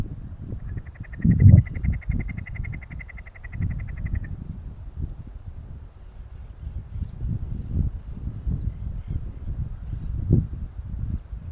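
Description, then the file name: Snipe calling with a fast run of clipped tick notes that lasts several seconds and then stops, while a low rumble continues underneath. "becasina"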